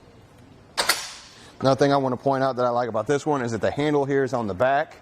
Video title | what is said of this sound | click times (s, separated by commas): etrailer - Fit Test: Thule T2 Pro XTR Bike Rack for 4 Bikes on a 2017 Toyota RAV4 | and then it's really easy just to lift it back up and let it snap into place | 0.8 s, 0.9 s